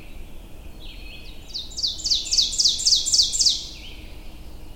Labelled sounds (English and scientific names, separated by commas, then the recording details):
Ovenbird (Seiurus aurocapilla) song
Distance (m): 15 m
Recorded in boreal forest in Alberta, Canada, on 22 June 2016 at 07:49
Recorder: SongMeter 3, array SBT-6-76
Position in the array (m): 154 m, 121 m
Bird 3